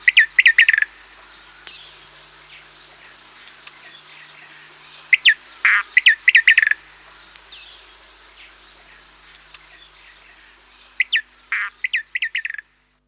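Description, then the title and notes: Many-colored rush tyrant territorial song: short groups of sharp, high chirps and a buzzy trill at the start, middle and end, separated by quieter gaps with faint notes. Territorial song of a tiny bird about 10 cm long, nesting among totora reeds and rushes in Chile, forages for insects in reedbed clearings; song rendered as piup prrr, piup, piup. "Siete Colores (canto Territorial). Hago mis nidos entre las totoras y los juncos. Soy el ave más colorida de Chile. piup prrr, piup, piup"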